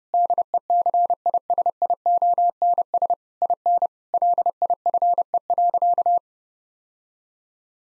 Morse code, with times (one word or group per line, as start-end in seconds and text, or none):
0.1-3.1 DECISIONS
3.4-3.9 IN
4.1-6.2 LIFE.